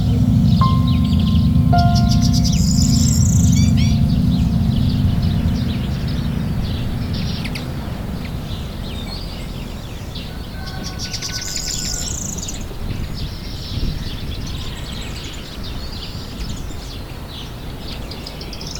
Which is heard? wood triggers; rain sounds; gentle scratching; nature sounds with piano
nature sounds with piano